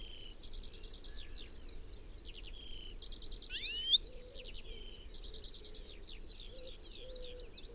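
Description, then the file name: European goldfinch call: a single quick, buzzy twitter in the middle, set against constant trills and chirps. "Carduelis carduelis"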